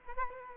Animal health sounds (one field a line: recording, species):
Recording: mosquito wingbeat signal from an infrared sensor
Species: Culex quinquefasciatus